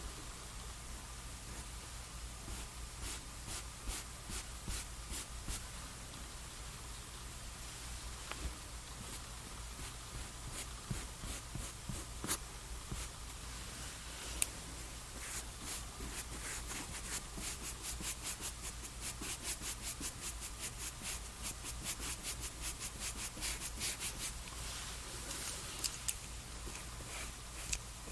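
Skincare and makeup sounds: a dense stream of quick, crisp taps and crackles runs the whole time, growing busier and sharper in the last ten seconds with a few louder clicks. A steady low hum sits underneath throughout.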